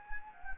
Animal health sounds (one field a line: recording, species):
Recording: mosquito wingbeat signal from an infrared sensor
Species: Anopheles gambiae